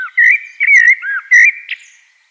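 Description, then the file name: Eurasian blackbird phrase of several loud, mellow whistled notes that swoop up and down, ending softly. "Turdus merula"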